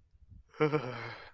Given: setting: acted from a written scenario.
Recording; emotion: vocal sound without words; fear